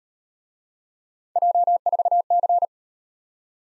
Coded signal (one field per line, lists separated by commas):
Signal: Morse code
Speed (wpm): 36 wpm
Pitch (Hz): 700 Hz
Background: none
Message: J4C